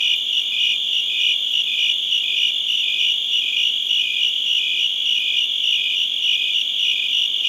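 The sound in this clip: Cricket chirping, a steady run of high, rapid pulses unbroken through the whole stretch, with no other sounds.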